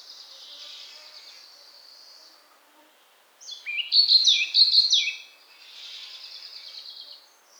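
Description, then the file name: European pied flycatcher song, a short phrase of high, sharp notes and clear whistles in the middle. "Muholovka pestrushka"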